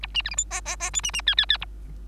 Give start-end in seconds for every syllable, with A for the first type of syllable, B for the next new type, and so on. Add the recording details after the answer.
0.02-0.07 A, 0.14-0.22 B, 0.24-0.30 C, 0.30-0.35 D, 0.37-0.45 E, 0.50-0.61 F, 0.65-0.76 F, 0.80-0.90 F, 0.93-1.01 G, 1.03-1.11 B, 1.13-1.21 B, 1.26-1.35 H, 1.37-1.46 H, 1.49-1.57 H, 1.60-1.65 A. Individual Bird3